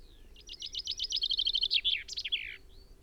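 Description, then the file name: Common chaffinch delivering a quick series of repeated high notes that tumble downward and finish in an emphatic terminal flourish. "Fringilla coelebs"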